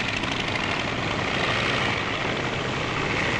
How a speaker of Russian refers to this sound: Пропеллер набирает обороты